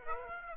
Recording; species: mosquito wingbeat signal from an infrared sensor; Aedes aegypti